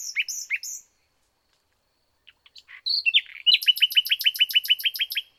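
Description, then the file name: Common nightingale song: short chirped notes, a pause, then a fast repeated series of sharp notes. "Luscinia megarhynchos"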